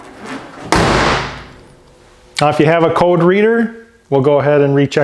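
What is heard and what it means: A car hood on a vehicle with a GM 3.4L V6 engine is slammed shut at 0.7 s, with a sharp bang that engages the hood latch and fades into a brief noisy decay. The hood is closed because the repair is finished, and the latch seats. Afterward, someone talks.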